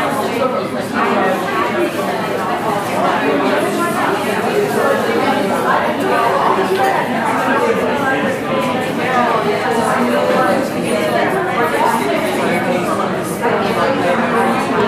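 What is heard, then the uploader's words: A cafe filled with steady overlapping chatter, many voices talking at once with no single speaker standing out. The murmur stays dense and even for the whole stretch, echoing slightly, with faint clinks and brighter ticks scattered throughout. Cafe Sounds.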